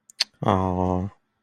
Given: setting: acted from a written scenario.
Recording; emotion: vocal sound without words; adoration